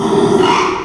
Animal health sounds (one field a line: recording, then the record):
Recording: squeal of a Yucatan mini pig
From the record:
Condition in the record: after surgery on the right vocal fold (resection and tissue-engineered implant)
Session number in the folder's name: 1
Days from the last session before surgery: 6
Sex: male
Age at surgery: 12 weeks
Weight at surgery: 13 kg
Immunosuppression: cyclosporine, prednisolone